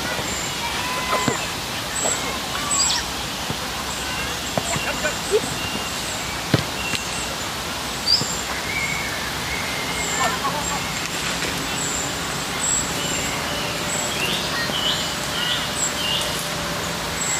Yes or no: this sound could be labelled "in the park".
yes